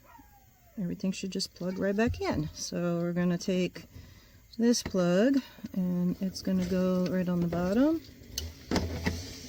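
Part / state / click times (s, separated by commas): wiring harness plug into steering column combination switch / seated / 8.4 s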